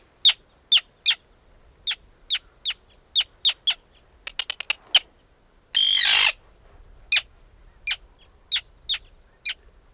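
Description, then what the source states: Bird uttering a steady series of sharp high chips, a brief fast ticking run, one harsh hissing rasp, then more evenly spaced chips. Arctic.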